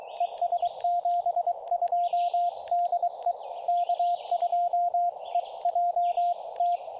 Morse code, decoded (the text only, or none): ES 72 DE K2EJT